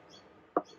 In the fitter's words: just immerse the pen and just until you and when you hear that click